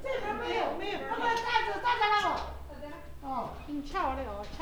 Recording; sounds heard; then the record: poultry house recording; no chicken sound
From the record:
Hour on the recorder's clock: 16